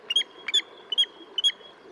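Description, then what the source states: Wandering Tattler giving a ringing alarm: four sharp, high whistled notes. Ringing alarm call that tends to make other birds nearby fly off, warning of a potential threat along the beach; Pacific shorebird of coasts and mountains.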